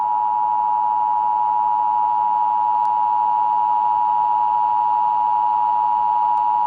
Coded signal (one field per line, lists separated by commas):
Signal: Emergency Alert System (SAME) tones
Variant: 853 and 960 Hz attention tone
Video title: EAS| Barney Error Mock